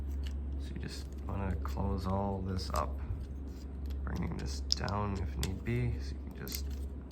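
Someone talks while closing up the plastic panels of a Transformers AOTP Prima Prime transforming toy figure, guiding its tabs toward their slots, with faint handling taps underneath. Nothing has seated or clicked into place yet.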